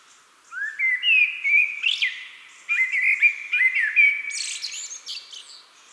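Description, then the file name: Common blackbird singing rich, rising fluted notes in two bursts, the second trailing off into sharp, high-pitched twittering. "Turdus merula"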